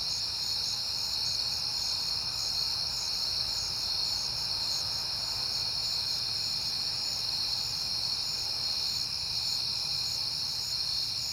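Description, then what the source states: Crickets chirp in a dense, constant high chorus, with faint low noise beneath. Crickets recorded at night in September, on a peaceful night.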